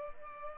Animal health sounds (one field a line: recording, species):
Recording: mosquito wingbeat signal from an infrared sensor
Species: Culex pipiens